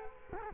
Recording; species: mosquito wingbeat signal from an infrared sensor; Culex quinquefasciatus